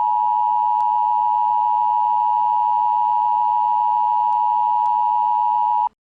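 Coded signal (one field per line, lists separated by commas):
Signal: Emergency Alert System (SAME) tones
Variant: 853 and 960 Hz attention tone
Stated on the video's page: Fictional EAS scenario with valid EAS tones.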